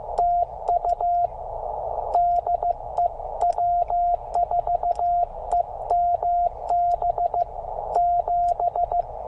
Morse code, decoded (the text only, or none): TU DE W4EMB 7